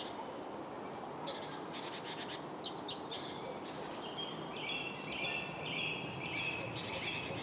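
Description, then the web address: Birds chirping: short high whistled notes and quick chirps scattered throughout, with a few brief buzzy bursts, over a faint steady background hiss. "Soundscape Bird"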